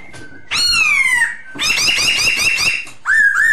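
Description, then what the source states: Masked laughingthrush calls: a long drawn-out falling squeal, then a long grating stretch and a final whistled note. Lure song (suara pancingan) of the poksay hongkong.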